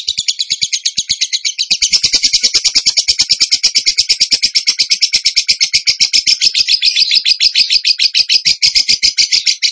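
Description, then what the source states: Bird singing a long, rapid series of high chattering notes, continuous throughout, with faint clicking below. Masteran (training recording) for birds, in the tembakan gacor song style.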